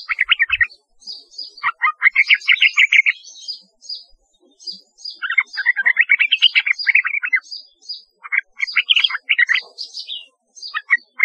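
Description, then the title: Yellow-vented bulbul song: bursts of bubbly, warbled chatter alternating with thin high notes, repeated in several phrases with short gaps. "Trucukan"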